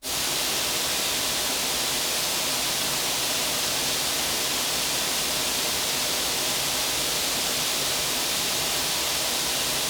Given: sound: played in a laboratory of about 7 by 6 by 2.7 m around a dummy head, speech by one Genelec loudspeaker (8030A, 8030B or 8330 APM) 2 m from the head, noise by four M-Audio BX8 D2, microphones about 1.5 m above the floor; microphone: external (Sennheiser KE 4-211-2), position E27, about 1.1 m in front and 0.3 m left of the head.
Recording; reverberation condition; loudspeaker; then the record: white noise; high; four, about 170 cm from the corners of the room and facing them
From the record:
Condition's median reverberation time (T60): about 1300 ms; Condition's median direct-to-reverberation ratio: about -4.0 dB